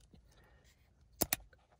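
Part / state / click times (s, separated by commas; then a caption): wiring harness connector into steering wheel/paddle shifter connector / seated / 1.2 s, 1.3 s. A plastic wiring harness connector for the paddle shifters is lined up behind a new GT86 steering wheel and pushed together. It latches with two sharp clicks at 1.2 s and 1.3 s over a quiet background with faint rustling. The connector is seated.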